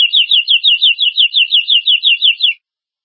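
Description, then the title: Domestic canary trill: a high, even run of several sliding notes lasting about two and a half seconds, then silence. "Kenari"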